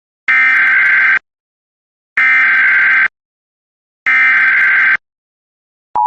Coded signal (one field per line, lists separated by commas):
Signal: Emergency Alert System (SAME) tones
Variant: header bursts